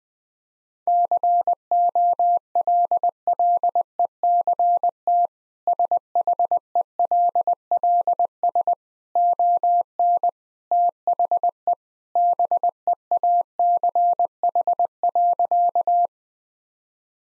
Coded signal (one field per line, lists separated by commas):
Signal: Morse code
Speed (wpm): 20 wpm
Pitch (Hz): 700 Hz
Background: none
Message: COLLECT SHELLS ON THE BEACH.